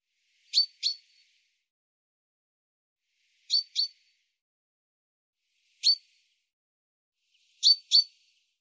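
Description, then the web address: Common chaffinch uttering brisk, bright chink-like notes, mostly in quick pairs, spaced a few seconds apart, against a quiet background. "Deverinetal 2025 File cleaned normalized Bird Fr Co"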